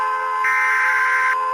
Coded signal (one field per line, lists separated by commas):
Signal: Emergency Alert System (SAME) tones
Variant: header bursts